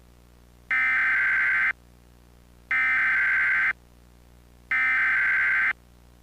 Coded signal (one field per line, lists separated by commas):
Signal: Emergency Alert System (SAME) tones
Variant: header bursts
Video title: EAS Mock - "Goodbye CRS"